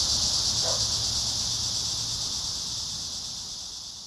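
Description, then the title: Cicadas buzz in a high continuous drone that fades toward the end; a brief mid-pitched note cuts in near the start. Several cicadas singing in a park. "neoscenes: cicadas in the park"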